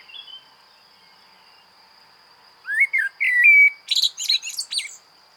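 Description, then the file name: Common blackbird song: low fluty whistled phrases rising and falling, followed by a high squeaky twittering flourish, with a steady high-pitched background tone. "Turdus merula"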